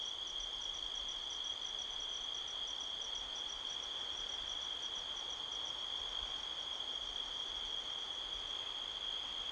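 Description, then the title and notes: Crickets trill steadily and high, a rhythmic pulsing layer above, with wind rushing softly through trees beneath. Crickets heard all around at midnight in a canyon near Sedona, Arizona, USA, on 5 October 2023, with strong wind rustling trees. "Midnight Soundscape, Sedona, Arizona, USA on 5th October 2023 – by Joe Harvey-Whyte. The sound of crickets can be heard all around"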